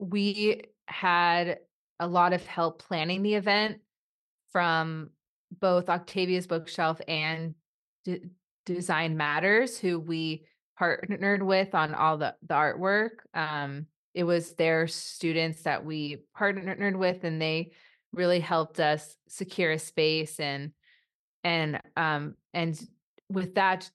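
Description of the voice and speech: Conversational speech from an adult who stutters, stuttering more than usual that day. Part-word and word repetitions, stretched sounds and blocked pauses are heard, typical of stuttering.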